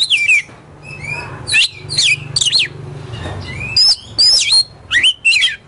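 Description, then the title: Oriental magpie-robin song of loud, sharp whistled phrases that swoop and drop steeply, delivered in short bursts with brief gaps, over a low steady hum. Kacer poci competition bird in full song (gacor), national champion; song styles nembak and ngerol; seven kinds of kacer sounds every three minutes. "Kacer Poci Gacor Nembak Dan Ngerol Juara Nasional. 7 macam suara kacer setiap 3 menit"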